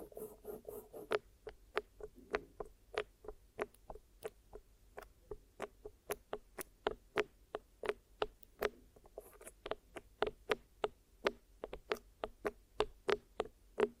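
Ear massage and cleaning: a run of crisp, sharp taps and clicks, coming steadily about two or three times a second. Softer rubbing and crackling fill the first second and return briefly near the ninth, over a low, steady hum.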